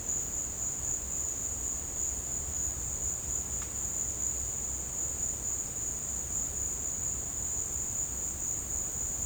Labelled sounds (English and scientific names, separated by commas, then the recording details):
none
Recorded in secondary vegetation near Puerto Asís, Putumayo, Colombia, on 13 March 2025 at 15:00
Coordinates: 0.485, -76.322
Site G040